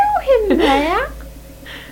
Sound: laughs

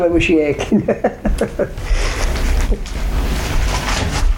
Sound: laughs

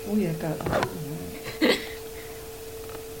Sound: laughs

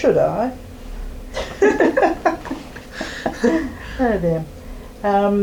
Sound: laughs

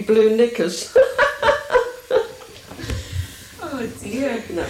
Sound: bursts out laughing

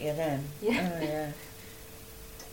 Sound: laughs

